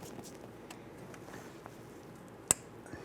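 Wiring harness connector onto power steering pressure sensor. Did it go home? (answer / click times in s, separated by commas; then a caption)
yes / 2.5 s. The pressure sensor harness electrical connector is lined up and pushed onto the power steering pump pressure sensor of a 2002-2008 Dodge Ram 1500, with a few faint ticks over a low background. A single sharp, loud click at 2.5 s marks the connector locking, so it is seated.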